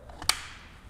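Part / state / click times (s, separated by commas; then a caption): e-bike battery into bike frame mount / seated / 0.3 s. A removable e-bike battery, already inserted top-first into the frame of a Pathfinder e-bike, is pushed down into its frame mount. A couple of faint taps at about 0.1 and 0.2 s lead into one sharp, loud click at 0.3 s as the battery latches and seats, followed by a short fading ring.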